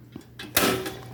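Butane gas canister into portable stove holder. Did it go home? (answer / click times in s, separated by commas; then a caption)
yes / 0.6 s. A small butane gas canister sits in the slot of a portable stove as its lock lever is engaged. A faint tap and a brief rattle lead into a sharp click at 0.6 s, followed by a short ringing tail. The canister is locked in place in the stove holder.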